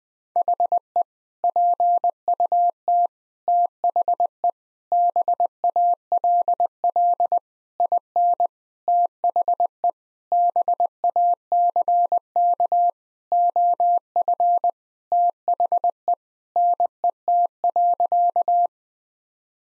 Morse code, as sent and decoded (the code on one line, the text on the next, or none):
.... . / .--. ..- - / - .... . / -... .- .-.. .-.. / .. -. / - .... . / -... .- -.-. -.- / --- ..-. / - .... . / -. . - .-.-.-
HE PUT THE BALL IN THE BACK OF THE NET.